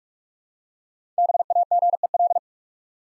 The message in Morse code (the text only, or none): BAGEL